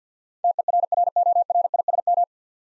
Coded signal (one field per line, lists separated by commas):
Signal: Morse code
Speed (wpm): 50 wpm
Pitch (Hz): 700 Hz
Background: none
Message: TERRORISM